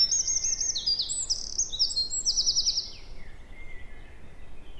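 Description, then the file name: Eurasian wren singing, with rapid, piercing trills and buzzy rattles tumbling one after another before trailing off, and soft lower notes near the end. "Troglodytes troglodytes"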